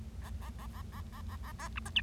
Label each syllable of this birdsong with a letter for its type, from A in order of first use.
A A A A A A A A A B C D